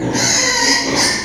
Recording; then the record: squeal of a Yucatan mini pig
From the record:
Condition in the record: before surgery on the right vocal fold (resection and tissue-engineered implant); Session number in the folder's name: 2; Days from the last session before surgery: 0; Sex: male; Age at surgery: 12 weeks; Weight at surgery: 13 kg